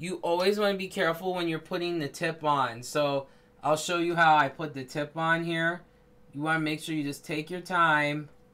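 Someone talks while handling a plastic cap about to be pushed onto the tip end of a brush marker barrel, taking care with the tip. The cap has not clicked shut or seated yet.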